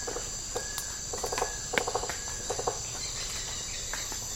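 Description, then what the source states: Rainforest insects in a dense chorus: a steady high shrill band with scattered short pulsed bursts of clicks and chirps. Insect chorus recorded in tropical rainforest habitat.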